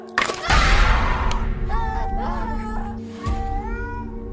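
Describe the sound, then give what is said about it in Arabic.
A cat standing at the door of a grandmother's room meows several times in a row, drawn-out wavering cries that rise and fall in pitch, following a sharp thump at the start, with a low steady hum underneath. “لما ادخل الاقي تيتا نايمه، والاقي القطه اللي واقفه عند باب اوضه تيتا.”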